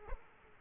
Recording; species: mosquito wingbeat signal from an infrared sensor; Aedes aegypti